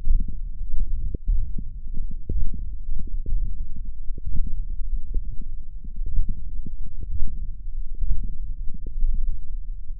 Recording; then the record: forearm muscle sounds (acoustic myography)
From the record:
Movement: hand opening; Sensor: system 1, eight BSWA MPA416 microphones around the upper forearm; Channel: 8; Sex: male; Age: 21 years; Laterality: right